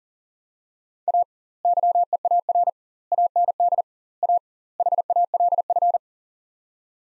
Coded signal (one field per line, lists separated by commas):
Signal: Morse code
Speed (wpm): 40 wpm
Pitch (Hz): 700 Hz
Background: none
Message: A YEAR AND A HALF